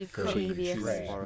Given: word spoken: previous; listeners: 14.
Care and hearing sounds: one English word in noise, from a listening test; four-talker babble; -2.0 dB; 0 of 14; 8 of 14; 0.86 s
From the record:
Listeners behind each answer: 8, 2, 1, 1, 1, 1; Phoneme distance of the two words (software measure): 51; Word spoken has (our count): 2 syllables, 6 phonemes, stress on syllable 1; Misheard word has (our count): 1 syllable, 3 phonemes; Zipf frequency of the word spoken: 4.71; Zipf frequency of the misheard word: 5.03

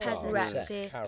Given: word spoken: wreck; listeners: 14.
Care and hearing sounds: one English word in noise, from a listening test; four-talker babble; 0.8 dB; 3 of 14; 8 of 14; 0.67 s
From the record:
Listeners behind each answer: 8, 3, 2, 1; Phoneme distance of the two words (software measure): 34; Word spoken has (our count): 1 syllable, 3 phonemes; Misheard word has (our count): 2 syllables, 5 phonemes, stress on syllable 1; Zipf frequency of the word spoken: 3.96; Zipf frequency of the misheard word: 3.43

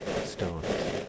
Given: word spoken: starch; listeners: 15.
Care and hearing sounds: one English word in noise, from a listening test; noise modulated by three-talker babble; -3.9 dB; 0 of 15; 12 of 15; 0.69 s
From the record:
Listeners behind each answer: 12, 1, 1, 1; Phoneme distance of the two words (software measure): 10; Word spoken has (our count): 1 syllable, 4 phonemes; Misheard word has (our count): 1 syllable, 4 phonemes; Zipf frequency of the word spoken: 3.29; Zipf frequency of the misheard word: 5.77

